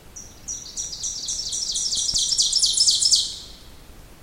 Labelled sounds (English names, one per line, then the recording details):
Ovenbird song
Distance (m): 15 m
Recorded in boreal forest in Alberta, Canada, on 2 June 2016 at 06:48
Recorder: SongMeter 3, array SBT-3-7
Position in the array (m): 323 m, 119 m
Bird 44